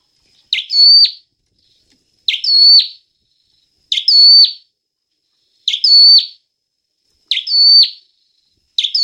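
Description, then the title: Hill prinia giving five matching phrases at a steady pace, with a sixth beginning at the end; each is a scratchy start, a piercing held whistle, then a falling flick, no other sounds. "prenjk gnung. prenjak vietnam"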